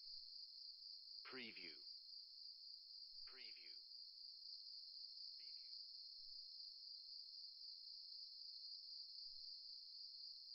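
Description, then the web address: Insects give a constant high-pitched ringing tone without pause, with three brief lower harmonic calls over it in the first six seconds. Recorded at night. "beanstalk-audio Insects"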